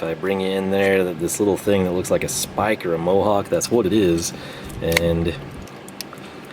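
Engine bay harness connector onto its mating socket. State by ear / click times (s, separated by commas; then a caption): seated / 6.0 s. Someone talks about a square engine bay harness connector with a keyed slot and a small spike-like ridge while lining it up with its mating socket. The connector is then pressed hard from the back with two fingers and pops into place with a sharp click at 6.0 s, leaving it seated.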